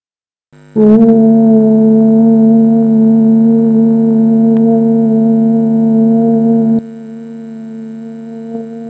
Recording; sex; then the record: sustained vowel /u/; female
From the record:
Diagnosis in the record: healthy control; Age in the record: 62 years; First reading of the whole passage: 101 s, 4.7 characters per second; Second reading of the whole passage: 77 s, 5.9 characters per second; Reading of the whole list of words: 66 s, 3.9 characters per second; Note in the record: marked for poor recording quality or reading difficulty